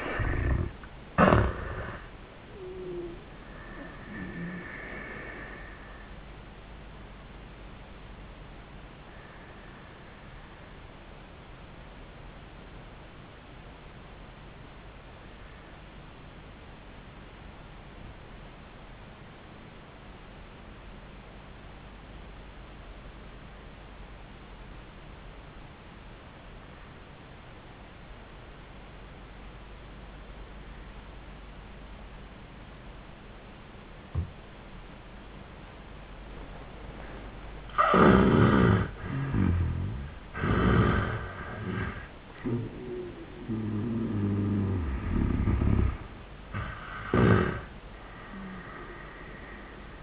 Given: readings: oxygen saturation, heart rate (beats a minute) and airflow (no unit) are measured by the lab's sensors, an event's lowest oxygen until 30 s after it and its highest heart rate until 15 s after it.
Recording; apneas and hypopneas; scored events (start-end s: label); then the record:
breathing in sleep by a voice recorder at the bedside; 1
6.00-38.20 s: obstructive apnea (N1, oxygen 95% highest, then 77% lowest, heart rate 91 at the start, 93 highest)
16.00-46.00 s: new sleep stage, N2 (light sleep)
46.00-50.03 s: new sleep stage, N1 (lightest sleep)
From the record:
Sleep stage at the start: N1 (lightest sleep); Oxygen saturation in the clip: 76 to 95%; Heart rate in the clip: 75 to 94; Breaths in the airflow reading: 2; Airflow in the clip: -19.0 to 12.7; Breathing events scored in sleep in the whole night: 400 in 8.7 hours asleep